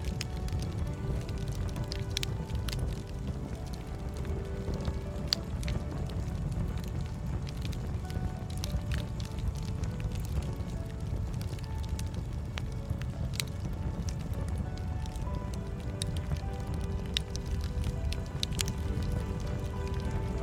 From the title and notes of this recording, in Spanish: Sonido relajante de una hoguera crepitante y música suave de fondo. La reconfortante atmósfera de un fuego cálido. Sonido de una HOGUERA y MÚSICA Suave de Fondo.